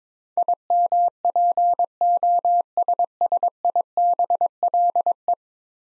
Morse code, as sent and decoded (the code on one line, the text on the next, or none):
.. -- .--. --- ... ... .. -... .-.. .
IMPOSSIBLE